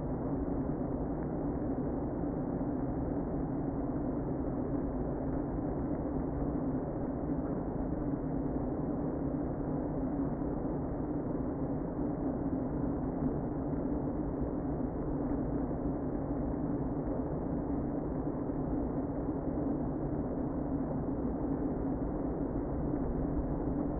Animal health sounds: honeybee colony, microphone inside the hive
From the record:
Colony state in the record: queen present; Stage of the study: before two queens were removed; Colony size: about 60,000 bees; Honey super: yes

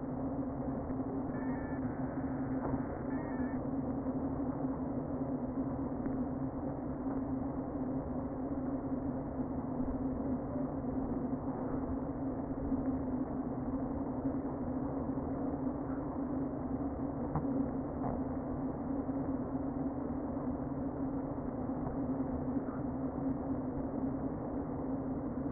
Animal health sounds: honeybee colony, microphone inside the hive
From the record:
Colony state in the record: queen present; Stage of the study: before two queens were removed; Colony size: about 60,000 bees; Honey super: yes

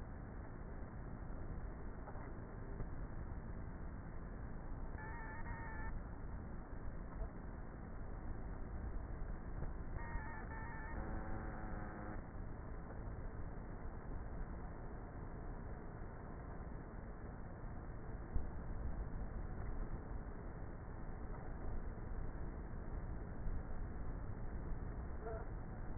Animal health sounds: honeybee colony, microphone inside the hive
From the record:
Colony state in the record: queenless with a low population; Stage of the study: before two queens were removed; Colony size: about 30,000 bees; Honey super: no

